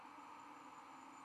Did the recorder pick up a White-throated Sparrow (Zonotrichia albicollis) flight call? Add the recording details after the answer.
no. No flight call is heard. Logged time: 02:17 on 11 November 2014